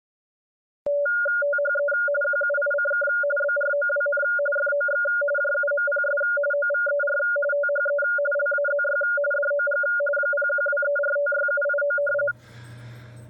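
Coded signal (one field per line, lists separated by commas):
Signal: RTTY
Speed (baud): 45.45 baud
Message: THE QUICK BROWN FOX JUMPS OVER THE LAZY DOG 0123456789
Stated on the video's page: Teletype signal from a home station of vintage Navy and Teletype equipment.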